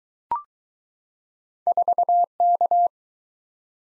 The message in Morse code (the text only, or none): 4K